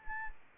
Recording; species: mosquito wingbeat signal from an infrared sensor; Anopheles arabiensis